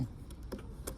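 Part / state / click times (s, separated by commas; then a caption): wiring harness connector onto ignition coil / not seated / none. A wiring harness connector is handled at the ignition coil on a Jeep Grand Cherokee engine as it is brought up to be pushed on. There are faint handling noises with two brief, sharp ticks at about 0.5 and 0.9 seconds. The connector has not seated or clicked in yet.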